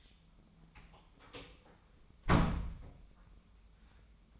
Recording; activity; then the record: daily activity, microphone in the room; close door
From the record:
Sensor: 1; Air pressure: 1005.0 hPa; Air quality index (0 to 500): 92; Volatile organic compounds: 2 ppm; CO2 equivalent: 1260 ppm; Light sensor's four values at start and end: 10/26/10/11 and 10/25/10/11